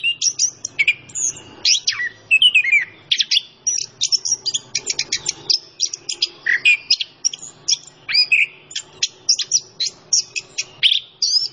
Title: Anis Kembang Gacor. Kicau Mania Masteran Anis Kembang